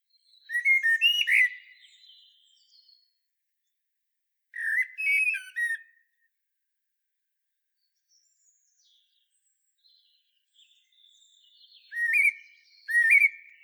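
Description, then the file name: Common blackbird singing loud fluted phrases with high squeaky notes, separated by several seconds of quiet. "Turdus merula"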